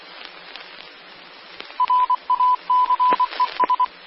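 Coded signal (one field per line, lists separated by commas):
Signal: Morse code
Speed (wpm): 24 wpm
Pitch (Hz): 1000 Hz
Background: none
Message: RACES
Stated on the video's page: 2m 146.940 MHz RACES/ARES repeater.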